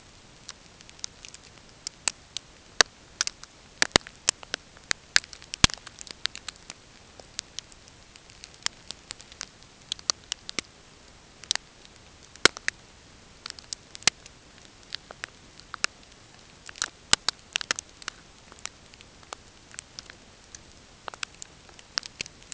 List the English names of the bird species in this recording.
none